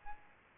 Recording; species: mosquito wingbeat signal from an infrared sensor; Aedes albopictus